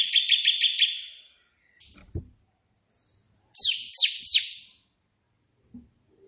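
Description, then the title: Prinia song: a quick buzzy train of notes, a brief knock, then three slower descending chirps. Three song variations of a white prenjak, intended as tutoring material for pet prenjak birds. "Prenjak 3 VARIASI TEMBAKAN prenjak putih ini COCOK untuk masteran prenjak anda"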